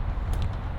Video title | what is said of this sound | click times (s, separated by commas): After All This Time…The Questionable Upgrades Begin! | and it just clicks right in. | 0.4 s